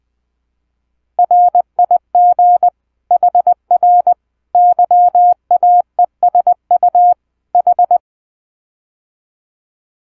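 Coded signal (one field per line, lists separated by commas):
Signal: Morse code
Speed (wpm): 20 wpm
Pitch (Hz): 710 Hz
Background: none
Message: RIG HR YAESU H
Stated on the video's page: HF transmission captured, recorded and processed with computer audio software.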